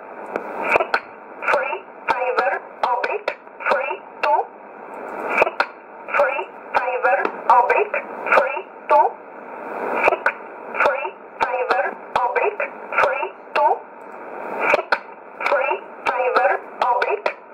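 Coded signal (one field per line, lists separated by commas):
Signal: numbers station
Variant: E11 Oblique, English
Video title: 25 10 2019 E11 Oblique Numbers station in English 0717 on 9963 unknown tx site in USB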